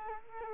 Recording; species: mosquito wingbeat signal from an infrared sensor; Culex quinquefasciatus